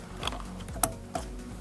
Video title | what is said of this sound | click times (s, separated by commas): HOW TO REPLACE LOW BEAM HEADLIGHT BULB HYUNDAI ELANTRA 2011 2012 2013 2014 2015 2016 | You just push in until it clicks. | 0.8 s